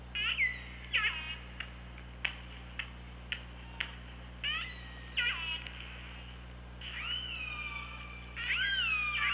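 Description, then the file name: Killer whale calls: harmonic whistle-like cries with sharp upsweeps and clicks, several separate bursts, then a long wavering tonal call, over steady low hydrophone hum. Recorded by OrcaLab hydrophone on 24 August 2017 at 15:23:08. "Orca Lab UTLN 20170824 152308"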